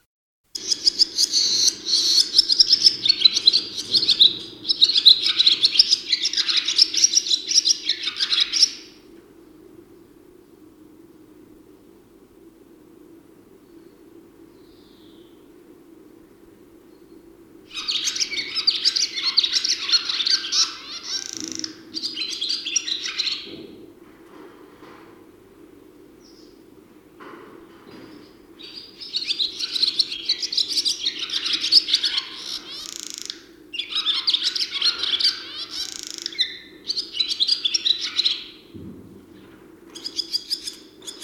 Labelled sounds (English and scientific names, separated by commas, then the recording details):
Barn Swallow (Hirundo rustica) song
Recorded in the wild
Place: Schönfeld, Brandenburg, DE
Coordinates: 53.396, 14.001
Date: 1988-05-15
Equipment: Nagra III BH, Sennheiser MD 21, parabola
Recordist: Schubert, Michael